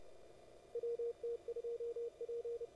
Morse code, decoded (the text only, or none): WT2P